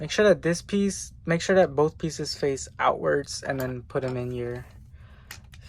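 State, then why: Seated. Someone talks while plastic accessory pieces, both facing outwards, are pushed into the hands of a Transformers ROTF Hunt for the Decepticons Voyager Class Optimus Prime action figure. After the talking, a short sharp snap is heard at 5.3 seconds as the accessory seats in the figure's hands.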